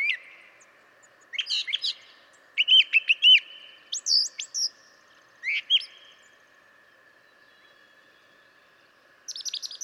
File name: Brown Thrasher